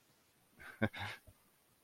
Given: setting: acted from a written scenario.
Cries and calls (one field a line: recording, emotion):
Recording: vocal sound without words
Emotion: romantic love